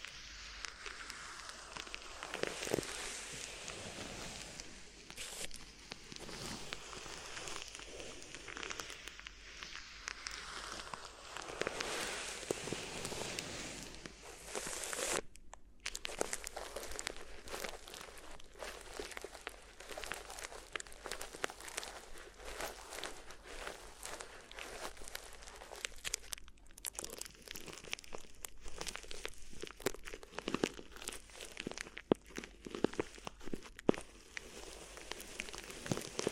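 Continuous crinkly ear massage: dense, rapid crackling and rustling, bright and uneven, with brief near-silent gaps around 15 and 26 seconds.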